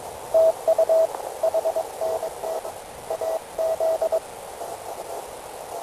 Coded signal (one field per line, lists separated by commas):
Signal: Morse code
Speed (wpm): 22 wpm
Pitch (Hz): 650 Hz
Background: radio noise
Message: TU HNT AZ